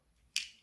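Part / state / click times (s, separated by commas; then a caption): plastic water reservoir into steam hair straightener / seated / 0.4 s. A small plastic water reservoir filled with demineralised water is pushed into the plastic body of a steam hair straightener. After quiet handling, a sharp, bright click sounds at 0.4 s, followed by a faint tick at 0.6 s. The reservoir clips in easily and is seated.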